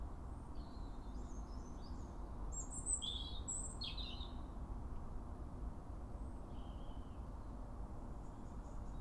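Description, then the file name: European robin song, a faint high thin warbled phrase, then a faint trailing note, over persistent low rumble. "Erithacus rubecula"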